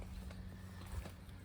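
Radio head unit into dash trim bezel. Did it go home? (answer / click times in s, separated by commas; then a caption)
no / none. A removed radio head unit from a 2014 GMC Sierra is handled and moved over to a new dash trim bezel, ready to be pushed in, over a steady low hum with faint rustling and small knocks near 0.3 and 1.5 seconds. Nothing has seated or clicked yet.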